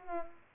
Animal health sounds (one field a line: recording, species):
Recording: mosquito wingbeat signal from an infrared sensor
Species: Culex pipiens